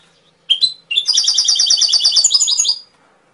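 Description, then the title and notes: Atlantic canary singing a quick string of high, rolling trilled notes after two sharp opening chirps, lasting about two seconds before stopping. Canary masteran, a training recording played to songbirds so they learn the song. "PANCINGAN SUARA MASTERAN KENARI BIKIN BURUNG MAKIN MENGGILA. masteran kicau kenari"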